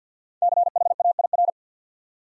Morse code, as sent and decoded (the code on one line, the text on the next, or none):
-.-. .... .- .. .-.
CHAIR